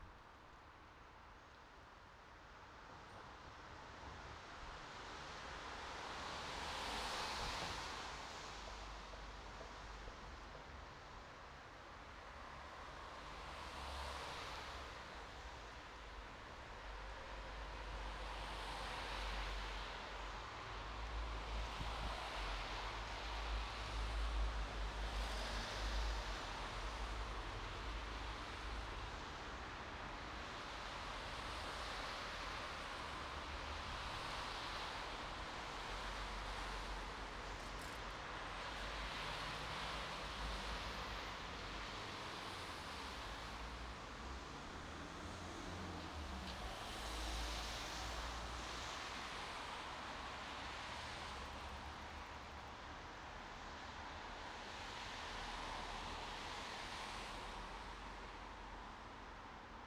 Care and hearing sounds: everyday scene through a hearing-aid microphone; in traffic; traffic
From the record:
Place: bus stop on a city main road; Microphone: in the ear canal, right

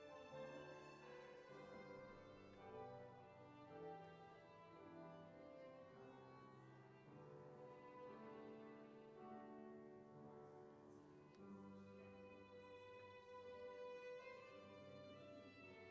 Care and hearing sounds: everyday scene through a hearing-aid microphone; reverberant space; music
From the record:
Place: church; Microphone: behind the ear, right, front

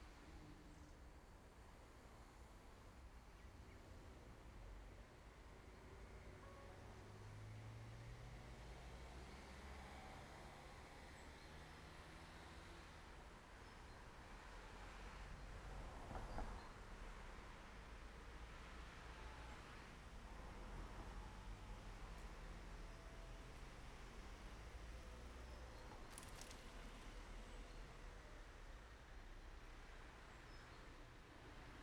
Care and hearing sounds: everyday scene through a hearing-aid microphone; in traffic; traffic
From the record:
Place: main road on the outskirts, rush hour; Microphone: behind the ear, left, rear

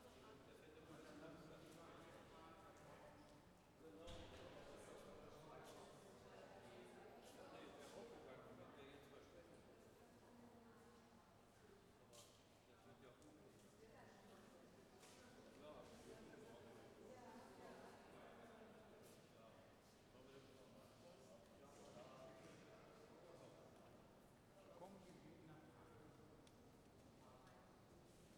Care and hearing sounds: everyday scene through a hearing-aid microphone; reverberant space; background noise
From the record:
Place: railway station hall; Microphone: behind the ear, left, rear

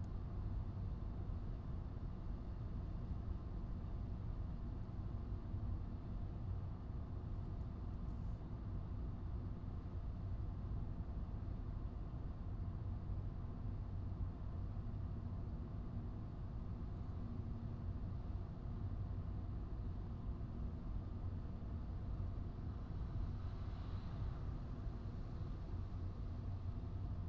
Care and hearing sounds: everyday scene through a hearing-aid microphone; in a vehicle; engine, highway driving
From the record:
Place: Skoda Fabia, gasoline engine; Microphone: in the ear canal, right

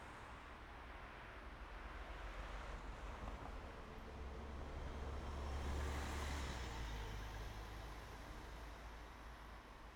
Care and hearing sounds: everyday scene through a hearing-aid microphone; in traffic; traffic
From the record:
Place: main road on the outskirts, rush hour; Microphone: behind the ear, right, rear

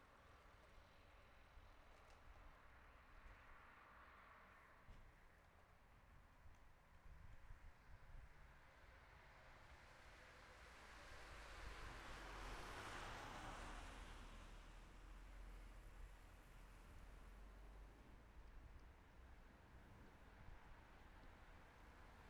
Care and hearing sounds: everyday scene through a hearing-aid microphone; in traffic; traffic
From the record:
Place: city secondary road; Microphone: behind the ear, left, front

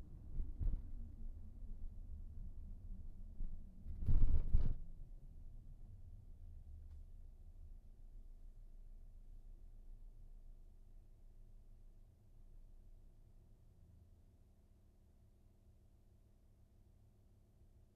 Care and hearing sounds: everyday scene through a hearing-aid microphone; in a vehicle; engine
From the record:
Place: VW T5 Caravelle, diesel engine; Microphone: behind the ear, right, rear

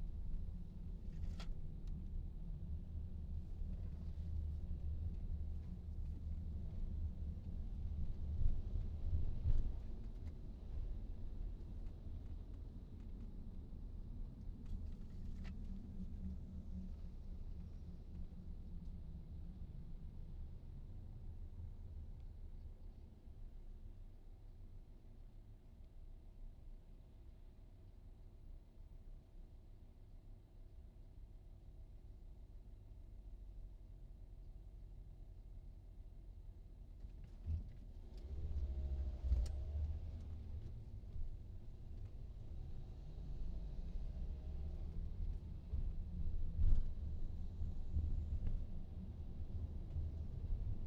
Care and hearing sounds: everyday scene through a hearing-aid microphone; in a vehicle; engine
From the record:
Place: VW T5 Caravelle, diesel engine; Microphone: in the ear canal, right

